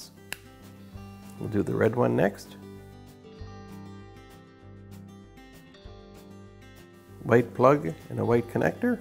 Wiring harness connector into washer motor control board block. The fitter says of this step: Just going to push it into place, and you'll actually feel and may even hear the little click when the connector locks.